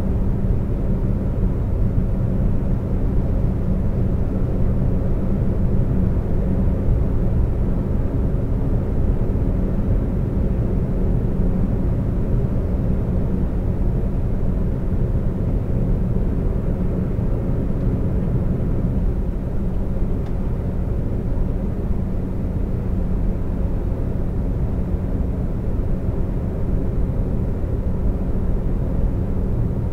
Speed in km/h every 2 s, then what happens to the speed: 132, 132, 132, 132, 132, 132, 132, 132, 132, 132, 130, 130, 130, 130, 130.
0-30 steady at about 132.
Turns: none.